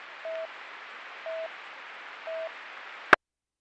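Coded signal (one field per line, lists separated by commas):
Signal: none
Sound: radio channel alert beeps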